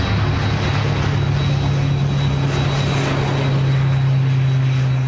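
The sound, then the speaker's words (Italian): A steady, loud airplane engine drone fills the whole stretch, with a strong low hum and a thin high whine riding over broad roaring noise. No one speaks. “Molti in partenza, molti negli aeroporti, aeroporti affollati, aeroporti con questi aerei, alcuni, diciamolo, non esattamente così all'avanguardia dal punto di vista della qualità, un po' vecchiotti.”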